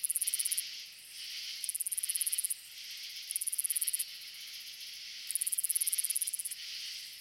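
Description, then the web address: Round-winged katydid song: high, buzzy rattling bursts of rapid pulses, each lasting about a second or less, repeated every one to two seconds. "Crickets and Katydids. Roundwinged Katydid, Amblycorypha rotundifolia"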